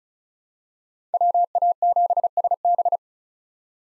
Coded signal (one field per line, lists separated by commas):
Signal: Morse code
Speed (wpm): 36 wpm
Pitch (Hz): 700 Hz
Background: none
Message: WA7SB